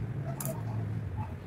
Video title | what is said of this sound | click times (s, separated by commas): para sa pangmalakasang vlog - unboxing new vlogging camera - vlog no. 40 - everyday with arch. carla | tulak. Yun. So, yan. Nakalock na siya. | 0.4 s